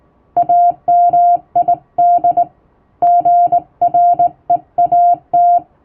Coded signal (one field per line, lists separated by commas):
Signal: Morse code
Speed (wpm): 20 wpm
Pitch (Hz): 700 Hz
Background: music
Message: AMID GREAT